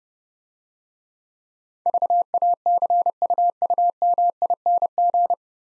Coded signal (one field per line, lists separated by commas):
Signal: Morse code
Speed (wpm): 32 wpm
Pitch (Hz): 700 Hz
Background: none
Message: VACUUMING